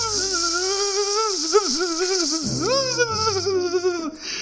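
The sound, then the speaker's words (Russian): A voice mimics a mosquito's whine: a continuous, thin, nasal buzz that wavers and bends in pitch for about four seconds, dipping twice before rising again, steady in loudness. “Зюзюкает так жалобно, печально, точно прощения просит.”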